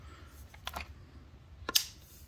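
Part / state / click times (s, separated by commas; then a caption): folding clamp lever latch on a foldable e-bike frame/stem / seated / 1.8 s. The unlocked folding clamp lever latch on a ONEBOT S6L foldable e-bike frame/stem is fitted over the screw and closed. A few faint ticks and clicks around 0.6–0.8 s lead up to a loud, sharp click at 1.8 s. The latch clicks back into place and is locked.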